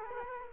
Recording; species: mosquito wingbeat signal from an infrared sensor; Culex quinquefasciatus